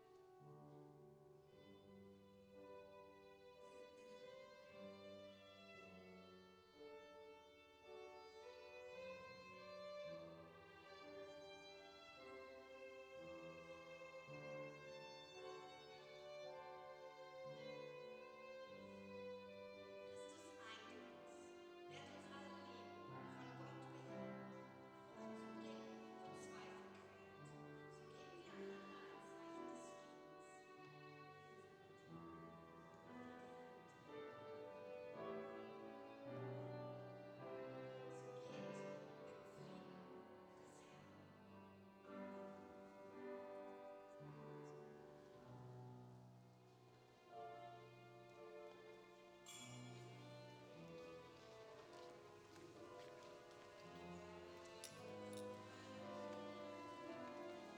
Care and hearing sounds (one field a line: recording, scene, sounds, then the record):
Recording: everyday scene through a hearing-aid microphone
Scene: reverberant space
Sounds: music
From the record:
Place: church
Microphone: in the ear canal, left